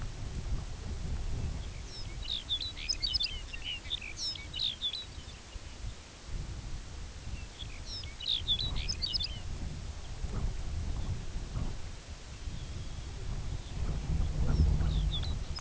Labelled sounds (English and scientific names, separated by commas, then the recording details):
Lapland Longspur (Calcarius lapponicus), unidentified sound
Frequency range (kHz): Lapland Longspur (Calcarius lapponicus) 1.3-7.3 kHz
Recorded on Arctic tundra, site UTQI-2, on 15 June 2019
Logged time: 02:00